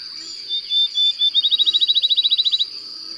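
Bird song: a few high whistled notes leading into a fast, even trill of repeated chirps, over a steady high insect-like hiss.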